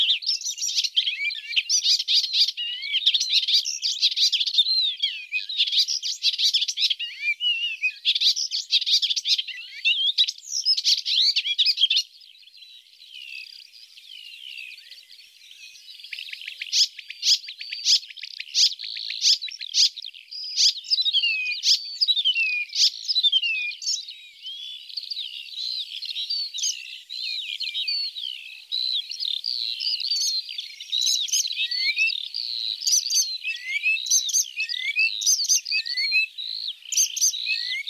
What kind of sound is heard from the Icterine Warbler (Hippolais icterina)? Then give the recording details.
song. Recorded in the wild. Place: Ahlenmoor, Schleswig-Holstein, DE. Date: 1984-06-05. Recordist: Schwarz, Dieter